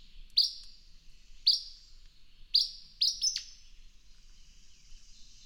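Bird song: sharp high chirps, each sliding down into a trailing tone, repeated about once a second, ending in a quick pair of notes with one dipping lower.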